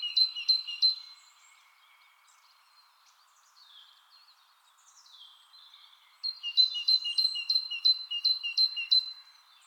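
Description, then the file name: Great tit song, a short burst of two-note phrases, quieter varied notes, then a long rapid run of repeated bright two-note phrases. "Parus major"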